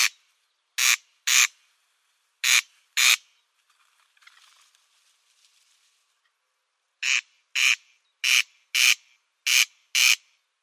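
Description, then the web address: Corn crake giving harsh, rasping double notes, crex-crex, repeated in pairs with a brief quiet gap midway before the paired rasps resume steadily. Display call. "Schulze Peter Corn Crake display"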